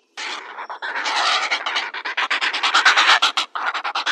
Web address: Schulze Peter Grey Heron nestlings